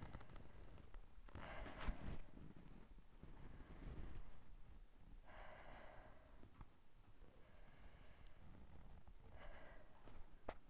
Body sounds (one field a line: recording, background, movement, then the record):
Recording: deep breathing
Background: quiet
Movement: sitting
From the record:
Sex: female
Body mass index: 22.6 kg/m2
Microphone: on the chest, facing outward